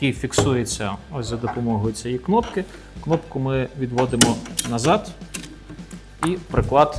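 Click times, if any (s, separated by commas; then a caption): none. Someone talks while handling a folding steel stock mounted on top of an RMB-93/RM-96 "Rys" pump-action shotgun, which is locked by a release button. The button is pulled back to unlock the stock so it can swing out to its locked position. Nothing has seated or clicked yet.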